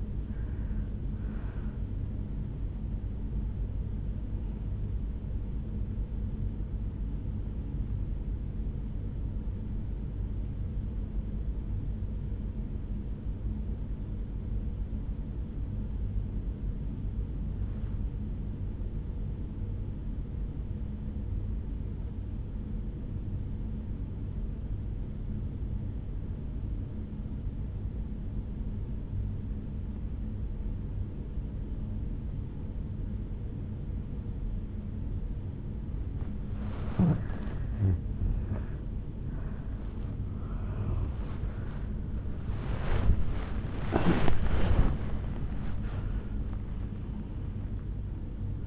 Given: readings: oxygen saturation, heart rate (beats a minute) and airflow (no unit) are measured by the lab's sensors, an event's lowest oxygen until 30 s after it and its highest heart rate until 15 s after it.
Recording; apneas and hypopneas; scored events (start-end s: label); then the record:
breathing in sleep by a smartphone at the bedside; 1
7.00-48.67 s: new sleep stage, N1 (lightest sleep)
10.00-36.00 s: obstructive apnea (N1, oxygen 97% highest, then 84% lowest, heart rate 56 at the start, 76 highest)
From the record:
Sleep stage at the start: N2 (light sleep); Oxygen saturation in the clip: 83 to 97%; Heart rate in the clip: 55 to 77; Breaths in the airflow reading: 5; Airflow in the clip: -10.4 to 8.7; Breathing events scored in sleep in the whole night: 449 in 7.0 hours asleep